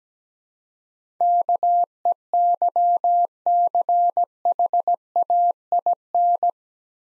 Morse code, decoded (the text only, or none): KEYCHAIN